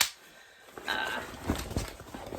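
A snap fastener holding the detachable hood onto a vinyl/plastic raincoat is pulled apart, giving a sharp, short pop at 0.0 s as the snap is released and the hood comes off. Someone talks afterward, with faint rustling and a few soft handling taps.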